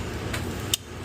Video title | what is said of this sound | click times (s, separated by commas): This Bad Controller Kept the Freezer From Cooling! - HVACR Repair | Hear that click? | 0.3 s, 0.7 s